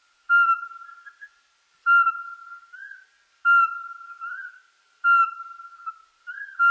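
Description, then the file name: Eurasian pygmy owl's piping whistle repeated five times, the last cut off at the end, each full one followed by a softer, slightly rising whistled note. "soweczka"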